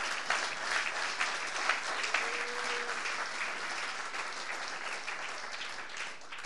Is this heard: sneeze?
no